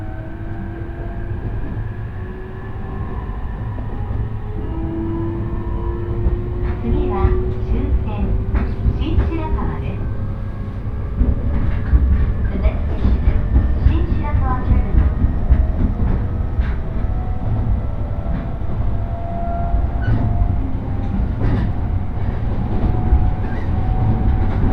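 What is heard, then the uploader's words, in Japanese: A train rolls along the Tohoku Main Line, its deep steady rumble filling the low end throughout. A slowly rising motor whine runs beneath, and from about seven seconds on, clusters of clicks and rattles from the wheels and carriage come often and irregularly. 鉄道旅 東北本線 黒磯→新白河。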